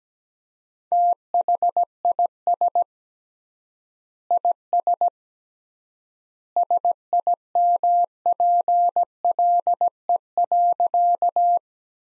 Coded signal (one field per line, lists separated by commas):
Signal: Morse code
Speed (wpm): 17 wpm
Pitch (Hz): 700 Hz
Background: none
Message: THIS IS SIMPLE.